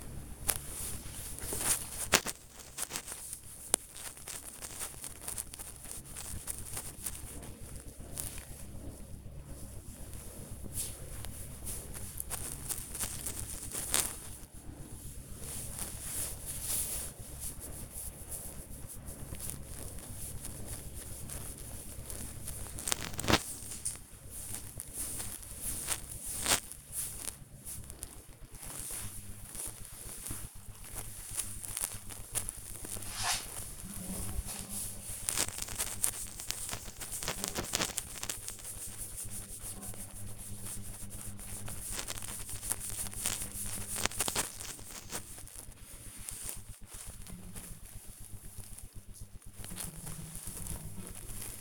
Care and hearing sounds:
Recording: household activities, microphone on the right wrist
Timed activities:
0.00-33.26 s: petting the dog
34.27-51.61 s: petting the dog

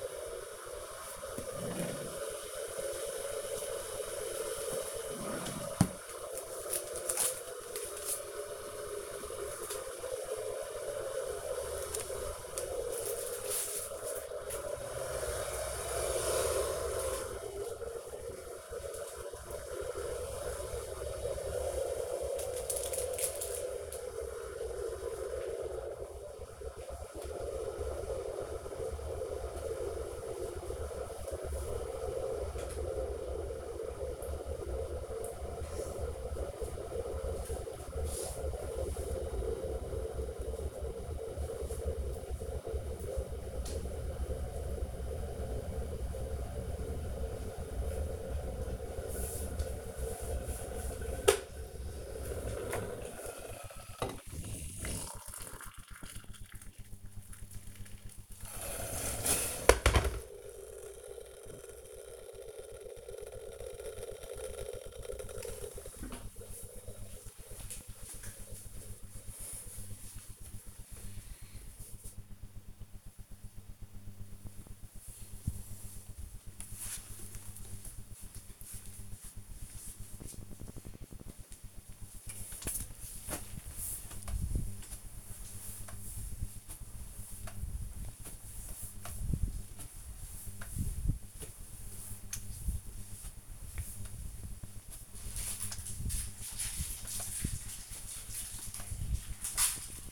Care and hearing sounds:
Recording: household activities, microphone on the right wrist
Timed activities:
0.00-65.13 s: making tea
81.28-100.12 s: floor cleaning

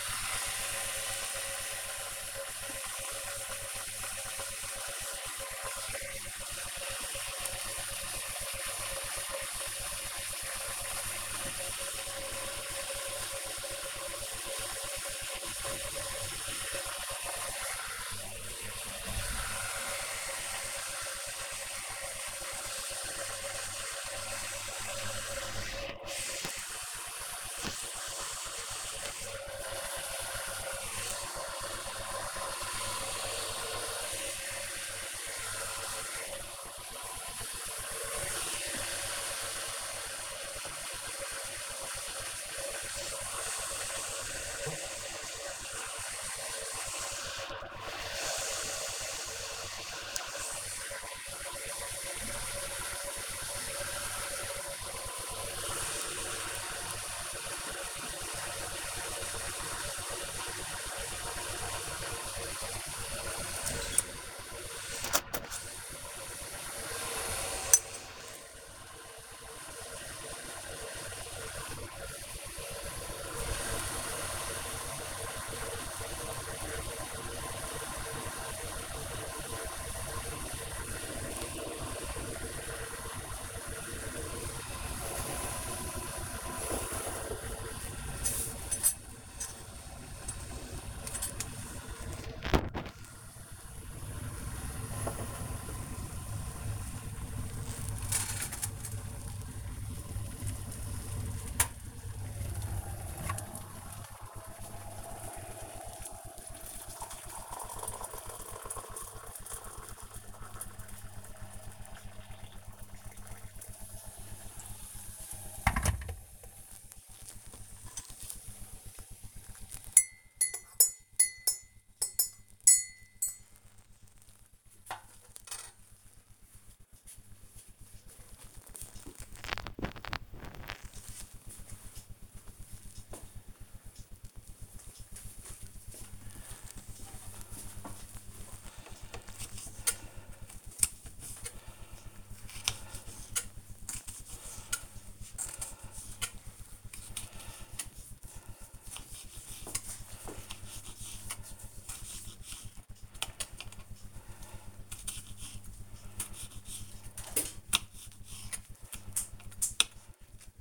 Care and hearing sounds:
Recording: household activities, microphone on the right wrist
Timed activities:
0.00-115.98 s: making tea
138.12-160.61 s: cutting vegetables

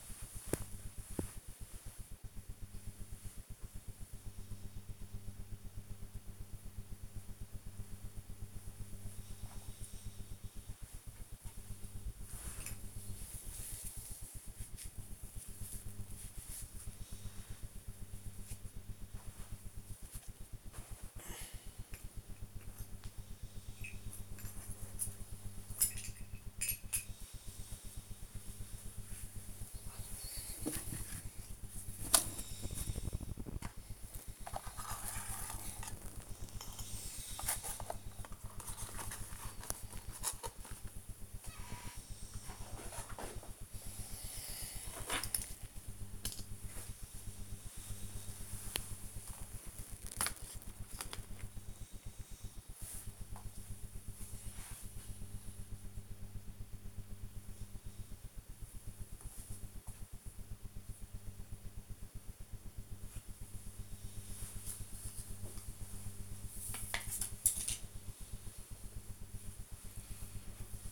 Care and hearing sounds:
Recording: household activities, microphone on the right wrist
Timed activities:
0.00-70.92 s: tidy up the cupboard

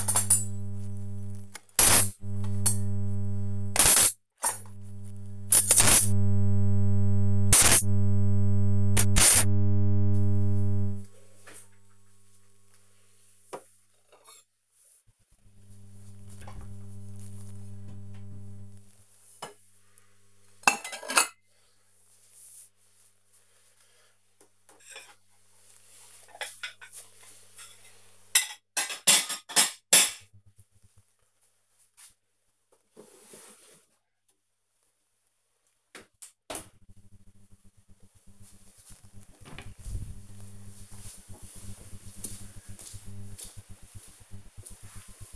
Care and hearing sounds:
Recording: household activities, microphone on the right wrist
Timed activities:
0.00-36.40 s: cleaning out the dishwasher

